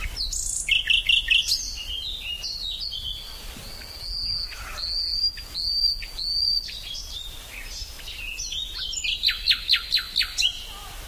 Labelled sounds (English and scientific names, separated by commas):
Common Nightingale (Luscinia megarhynchos) song